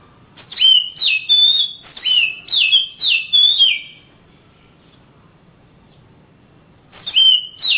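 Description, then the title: Oriental magpie-robin delivering several ringing whistles that slide downward, then a long pause before a single phrase returns near the end. Singing birds of the Kalimantan and Sumatra types, described as champion (juara), master birds in active, energetic song (gacor). "Kicau Kacer Juara Master Kalimantan Sumatra Gacor"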